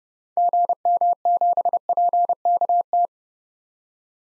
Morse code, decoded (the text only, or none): GM7PKT